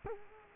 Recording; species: mosquito wingbeat signal from an infrared sensor; Culex quinquefasciatus